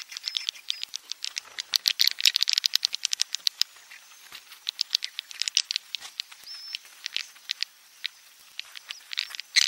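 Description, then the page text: Swiftlet twittering: rapid high clicking and chirping in dense bursts. Roosting ("inap") lure call played to attract swiftlets to swiftlet houses; call style named "INAP BJA". "Suara Burung Walet sufar sinar 77 Suara Panggil, Suara Inap Dan Tarik. INAP BJA"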